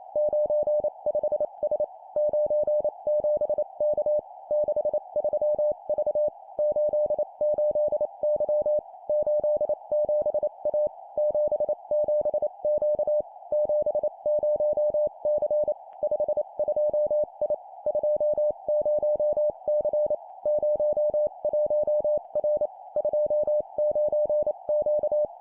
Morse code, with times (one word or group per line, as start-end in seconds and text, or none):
0.2-1.8 95S
2.2-4.2 97K
4.5-6.3 63V
6.6-8.8 88Y
9.1-10.9 87A
11.2-13.2 77Q
13.5-15.7 70C
16.0-17.5 52I
17.9-20.1 20C
20.5-22.7 01R
23.0-25.2 29Q